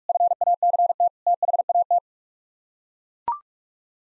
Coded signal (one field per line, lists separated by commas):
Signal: Morse code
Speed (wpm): 41 wpm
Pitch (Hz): 700 Hz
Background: none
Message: FACT THAT